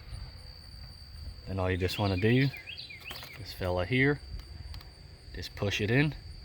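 Someone talks while handling the plastic quick-connect fitting of the brake booster vacuum hose on a 2017 Ford Fusion 1.5L, getting ready to push it onto its vacuum line port. A steady high-pitched background hum runs throughout, with two faint brief ticks around 4.7 and 4.8 seconds. The clip ends before the connector goes home, so nothing has seated or clicked yet.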